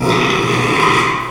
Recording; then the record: squeal of a Yucatan mini pig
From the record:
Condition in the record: after surgery on the right vocal fold (resection and tissue-engineered implant); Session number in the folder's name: 1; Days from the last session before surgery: 6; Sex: male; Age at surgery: 12 weeks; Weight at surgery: 13 kg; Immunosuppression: cyclosporine, prednisolone